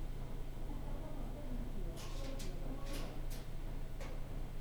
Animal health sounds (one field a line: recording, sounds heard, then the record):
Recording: poultry house recording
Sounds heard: no chicken sound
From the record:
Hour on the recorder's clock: 17